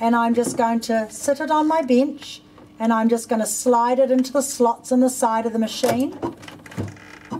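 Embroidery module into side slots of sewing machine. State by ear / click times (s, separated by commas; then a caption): seated / 7.0 s, 7.3 s. An embroidery module, a plastic and metal unit for a Bernina 7 series sewing machine, is set on a bench and slid into the slots on the side of the machine while someone talks. The speech stops and two short clicks are heard at 7.0 s and 7.3 s as the module seats into the machine.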